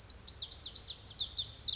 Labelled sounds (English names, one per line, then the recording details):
Lazuli Bunting
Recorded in Sonoma County, California